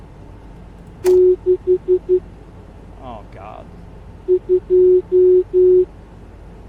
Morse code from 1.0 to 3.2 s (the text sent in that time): 6